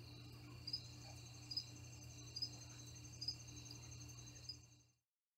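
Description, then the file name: Cricket chirps recur roughly every second over a steady trill and low hum, then everything cuts to silence near the end. "Cricket Sounds - Relax"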